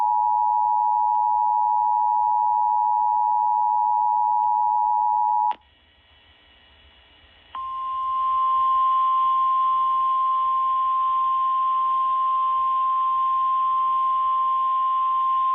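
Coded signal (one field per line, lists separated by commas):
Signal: Emergency Alert System (SAME) tones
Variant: 853 and 960 Hz attention tone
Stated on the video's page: Tornado drill alert received on NOAA Weather Radio transmitters at 162.500 and 162.525 MHz on various weather radios, plus relayed by FM broadcast stations.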